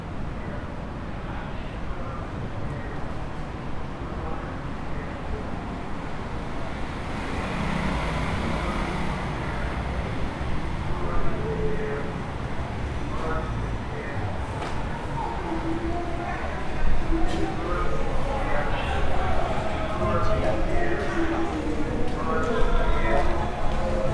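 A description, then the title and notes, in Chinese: Older locals singing karaoke, mixed with a tapioca-ice vendor's cart calling out its wares again and again. A dense, steady din of voices runs throughout, with held sung or called notes standing out after about twelve seconds, growing slightly louder toward the end. 耳裡傳來的是在地超齡少年與超齡少女們唱卡拉OK的歡唱聲,其中穿插著賣粉圓冰的攤車不斷的叫賣。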